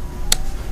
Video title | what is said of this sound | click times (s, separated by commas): 2017 BMW S1000RR - Power Commander V Installed! | just want to push it until you hear an audible click you're | 0.3 s